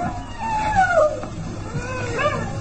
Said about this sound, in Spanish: ¿Qué es eso? ¿Qué fue eso? Un aullido.